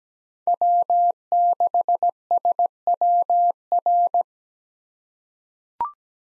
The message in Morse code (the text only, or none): W6SWR